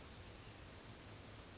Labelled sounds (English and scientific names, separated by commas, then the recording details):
Pacific Wren (Troglodytes pacificus)
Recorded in Sonoma County, California